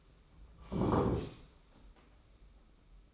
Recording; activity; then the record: daily activity, microphone in the room; sit down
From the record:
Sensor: 1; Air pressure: 991.7 hPa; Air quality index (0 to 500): 159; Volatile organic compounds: 1000 ppm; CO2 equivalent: 5946 ppm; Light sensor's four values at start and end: 30/100/39/40 and 31/103/40/41